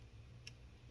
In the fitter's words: it doesn't have a satisfying click on this one but there we go it's in